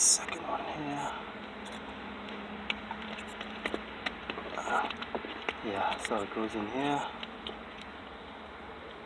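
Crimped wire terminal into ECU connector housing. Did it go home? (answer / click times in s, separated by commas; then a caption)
no / none. While someone talks, a wire's crimped metal terminal pin is handled and pushed toward a slot in the plastic ECU connector housing during a 2003 Corolla cruise control install. A few brief, sharp ticks of handling come through under the speech. The pin has not clicked or seated yet by the end of the clip.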